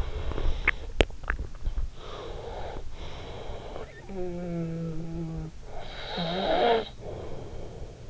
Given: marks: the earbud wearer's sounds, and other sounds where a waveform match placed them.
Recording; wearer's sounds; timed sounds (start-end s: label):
sounds in sleep by an in-ear microphone; swallowing, breath, snoring breath
0.46-1.82 s: swallowing
1.82-4.10 s: breath
4.10-8.10 s: snoring breath